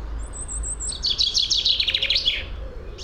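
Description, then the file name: Common chaffinch song: a thin high whistle, then a fast, rattling trill of descending phrases ending abruptly, over a low steady rumble. "Fringilla coelebs"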